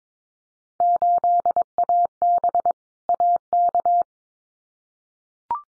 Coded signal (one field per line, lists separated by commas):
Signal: Morse code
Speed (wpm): 22 wpm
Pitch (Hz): 700 Hz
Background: none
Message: 8AB AK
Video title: Field Day Exchange Encore 22wpm